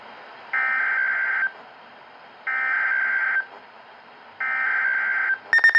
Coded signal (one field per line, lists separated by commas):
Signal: Emergency Alert System (SAME) tones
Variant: header bursts